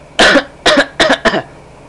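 Four quick, harsh cough bursts in under two seconds, each brief and explosive with a short gap between. A plain run of coughing.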